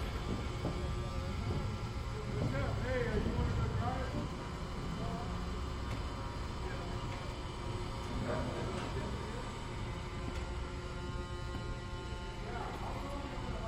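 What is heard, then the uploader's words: On a ferry's front passenger deck, a steady low engine rumble carries faint voices, with a louder stretch around two to four seconds. Bainbridge Outbound Front Passenger Deck Landing And Disembark - And Weird Gawker Stereo. A days' worth of round-trips on the Seattle-Bainbridge Island Ferry, nearly all short fore-and-aft from then passenger and car decks.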